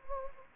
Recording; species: mosquito wingbeat signal from an infrared sensor; Anopheles gambiae